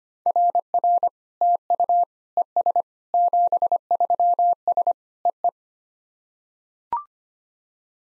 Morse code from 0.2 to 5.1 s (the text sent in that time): RR TU ES 73S